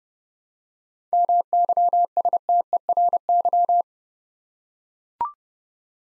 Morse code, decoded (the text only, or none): MYSTERY